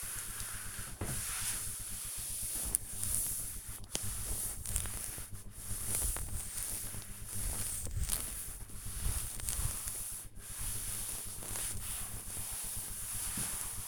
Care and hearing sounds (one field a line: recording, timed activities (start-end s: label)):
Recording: household activities, microphone on the right wrist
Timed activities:
0.00-13.88 s: cleaning table